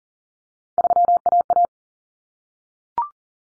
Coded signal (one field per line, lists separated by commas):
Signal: Morse code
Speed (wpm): 40 wpm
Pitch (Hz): 700 Hz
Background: none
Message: 3AA